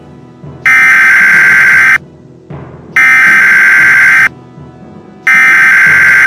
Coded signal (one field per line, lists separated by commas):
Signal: Emergency Alert System (SAME) tones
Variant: header bursts